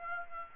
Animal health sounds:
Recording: mosquito wingbeat signal from an infrared sensor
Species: Aedes aegypti

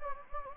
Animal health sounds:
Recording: mosquito wingbeat signal from an infrared sensor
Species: Anopheles gambiae

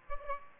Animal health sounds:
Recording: mosquito wingbeat signal from an infrared sensor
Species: Aedes aegypti

